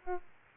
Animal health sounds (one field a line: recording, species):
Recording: mosquito wingbeat signal from an infrared sensor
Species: Aedes albopictus